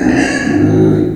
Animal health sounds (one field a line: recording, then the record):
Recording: squeal of a Yucatan mini pig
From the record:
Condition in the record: before surgery on the right vocal fold (resection and tissue-engineered implant)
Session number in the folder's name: 3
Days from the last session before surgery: 0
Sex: female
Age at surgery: 19 weeks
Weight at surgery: 25 kg